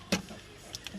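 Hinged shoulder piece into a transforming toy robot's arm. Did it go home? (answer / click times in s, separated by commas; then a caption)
yes / 0.1 s. A small hinged plastic piece on the arm of a Transformers Studio Series 86-02 Kup toy robot is folded in on itself, and at 0.1 s it snaps sharply, bringing the shoulder into place. The snap is not quite as strong as on the other side, but the shoulder is seated. Two faint, brief ticks follow at about 0.8 s and 0.9 s.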